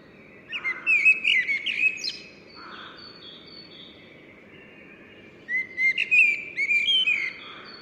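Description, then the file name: Common blackbird song in two bursts: quick mellow warbling notes that end in high chattering twitters, with a quiet gap between phrases and low background rumble. "Turdus merula"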